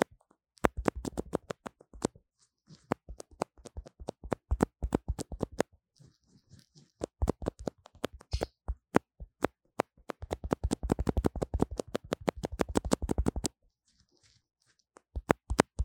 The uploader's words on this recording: Lofi Mic Scratching & Tapping | No Talking. 久違的線麥，最喜歡玩弄它了，背景有鳥叫請見諒.